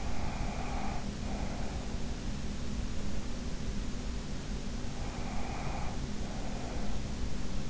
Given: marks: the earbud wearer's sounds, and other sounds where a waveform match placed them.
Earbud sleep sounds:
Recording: sounds in sleep by an in-ear microphone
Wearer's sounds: breath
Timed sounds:
0.00-1.93 s: breath
5.08-6.85 s: breath

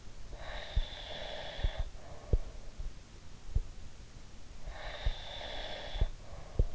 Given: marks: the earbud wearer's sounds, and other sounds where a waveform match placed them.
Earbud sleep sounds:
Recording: sounds in sleep by an in-ear microphone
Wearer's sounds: breath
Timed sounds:
0.42-2.63 s: breath
4.55-6.75 s: breath

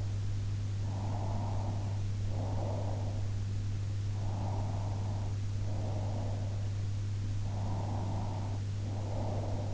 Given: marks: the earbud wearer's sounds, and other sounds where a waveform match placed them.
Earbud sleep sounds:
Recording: sounds in sleep by an in-ear microphone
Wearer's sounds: breath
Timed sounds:
0.90-3.19 s: breath
4.28-6.49 s: breath
7.58-9.74 s: breath

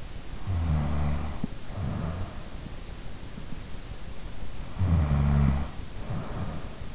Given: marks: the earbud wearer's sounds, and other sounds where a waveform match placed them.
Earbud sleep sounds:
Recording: sounds in sleep by an in-ear microphone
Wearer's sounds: snoring breath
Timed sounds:
0.36-2.67 s: snoring breath
4.73-6.95 s: snoring breath

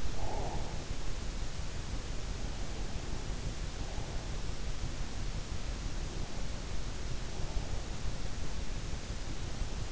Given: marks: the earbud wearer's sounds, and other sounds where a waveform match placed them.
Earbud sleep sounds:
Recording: sounds in sleep by an in-ear microphone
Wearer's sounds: breath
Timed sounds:
0.00-0.89 s: breath

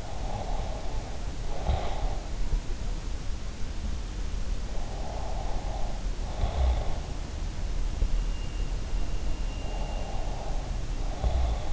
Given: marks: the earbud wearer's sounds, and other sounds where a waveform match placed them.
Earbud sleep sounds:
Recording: sounds in sleep by an in-ear microphone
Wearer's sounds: breath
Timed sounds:
0.00-2.19 s: breath
4.84-6.88 s: breath
9.69-11.73 s: breath

